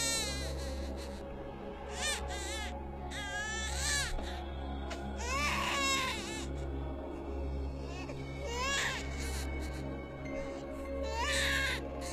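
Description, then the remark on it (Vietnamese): A baby wails in shrill, piercing bursts, with repeated rising and falling cries broken by short gaps, over a steady low hum. “Bỗng nhiên có tiếng khóc của trẻ con ré lên. Tiếng khóc nó như xoáy vào màng nhĩ ghê rợn.”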